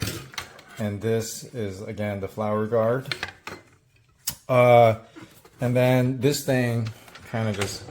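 A person handles a Kitchen in the box 6.5QT 660W 6-speed tilt-head electric stand mixer, with the flour guard in place, as the tilt-head is about to be lowered onto its base. Someone talks throughout, with a few brief sharp knocks near 0.4, 3.5 and 4.3 seconds. Nothing has seated or clicked yet; the tilt-head has not locked into its base by the end.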